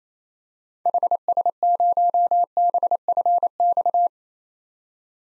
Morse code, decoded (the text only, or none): HS0BFX